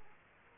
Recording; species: mosquito wingbeat signal from an infrared sensor; Aedes aegypti